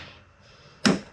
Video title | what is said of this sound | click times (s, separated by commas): The 9th gen gets more suspension goodies! | heard that snap so you know it's good | 0.9 s